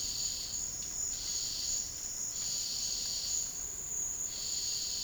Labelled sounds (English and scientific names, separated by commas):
none